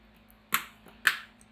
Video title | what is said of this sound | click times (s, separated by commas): Special Stream Live pc build | and click into place. You will hear it click. | 0.5 s, 1.1 s